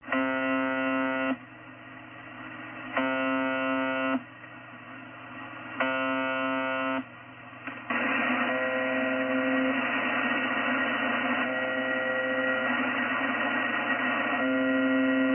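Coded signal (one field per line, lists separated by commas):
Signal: channel marker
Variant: UVB-76 (The Buzzer)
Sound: three harsh low buzzes roughly every three seconds, then an unbroken buzzing drone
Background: radio static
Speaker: So it's known as UVB 76, and they transmit on 4625 kilohertz on upper sideband.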